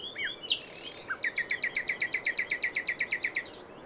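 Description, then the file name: Common nightingale song: brief varied chirps, then a long, very regular run of many rapid repeated notes lasting over two seconds. "Luscinia megarhynchos"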